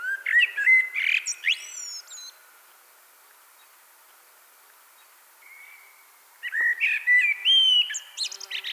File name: Turdus merula